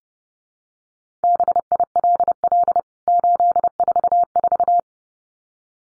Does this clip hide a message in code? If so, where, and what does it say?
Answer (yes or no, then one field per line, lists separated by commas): yes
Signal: Morse code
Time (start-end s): 1.2-4.8 s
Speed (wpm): 30 wpm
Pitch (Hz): 700 Hz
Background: none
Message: BILL 844